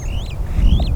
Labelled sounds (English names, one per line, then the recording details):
Superb Starling flight call
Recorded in Kenya